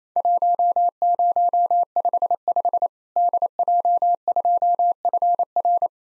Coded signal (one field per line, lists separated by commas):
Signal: Morse code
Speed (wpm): 28 wpm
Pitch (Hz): 700 Hz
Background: none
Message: 1055 DJ2FR